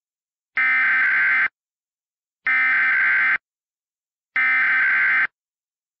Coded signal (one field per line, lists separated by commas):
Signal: Emergency Alert System (SAME) tones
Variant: header bursts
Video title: *VALID TONES* A Collision To Repeat (EAS Scenario)